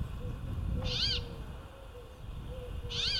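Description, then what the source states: Brambling calls: two nasal, wheezy arched notes about two seconds apart, with soft low whistled tones and rumbling noise between them. Played back as an example of the plaintive 'wee' call after one was heard calling.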